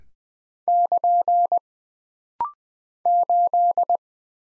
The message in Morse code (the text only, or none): <KN> 8